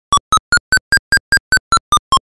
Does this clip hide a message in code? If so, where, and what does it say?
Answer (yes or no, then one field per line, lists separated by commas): no